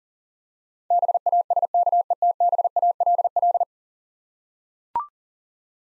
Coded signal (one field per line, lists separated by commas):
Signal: Morse code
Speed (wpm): 40 wpm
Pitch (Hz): 700 Hz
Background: none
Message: BASKETBALL